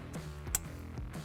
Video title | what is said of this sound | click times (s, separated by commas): 2015-2019 F150 GU Auto Tech 12.1" Touch Screen Multimedia Station Install | nice click into place with | 0.6 s